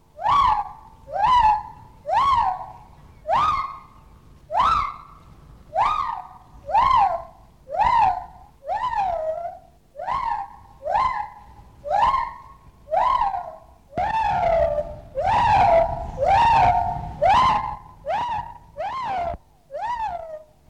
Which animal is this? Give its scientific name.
Hylobates lar